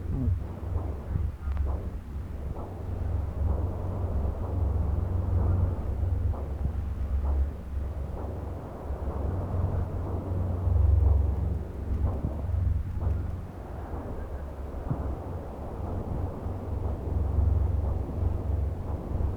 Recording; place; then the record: Doppler ultrasound of blood flow; left subclavian vein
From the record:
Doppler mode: continuous wave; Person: adult scuba diver, at rest before a dive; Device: O'Dive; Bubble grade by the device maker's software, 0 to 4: 0